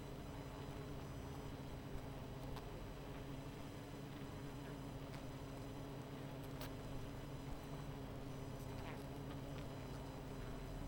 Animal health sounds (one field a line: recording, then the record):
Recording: honeybee colony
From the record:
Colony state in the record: missing queen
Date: 14 July 2017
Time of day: 21:43